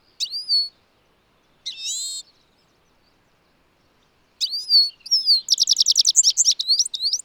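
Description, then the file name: European goldfinch with thin rising call notes, a buzzy burst, then a fast tinkling twitter of repeated chirps at the end. "Carduelis carduelis"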